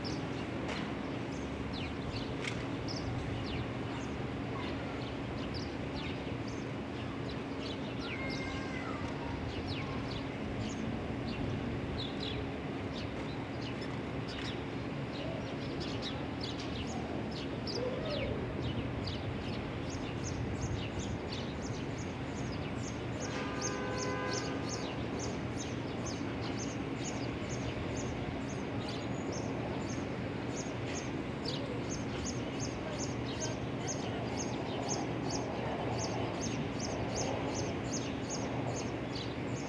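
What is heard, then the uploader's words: Steady outdoor city hum on a Brooklyn roof, with a low drone, scattered bird chirps, and a rapid ticking insect-like pulse after twenty seconds. Ext, Brooklyn Roof.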